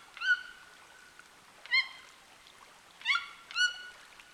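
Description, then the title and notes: Toucan calls, four strident yelping notes with rich overtones, the first drawn out, the last two close together. Amazon rainforest, flooded forest of Petit Saut lake, recorded from a canoe approaching a bank where birds sing, sunny late afternoon, far from city noise. "Le chant des toucans. la forêt amazonienne. la forêt inondée du lac de petit saut. une berge où des oiseaux chantent, par cette fin d’après-midi ensoleillée"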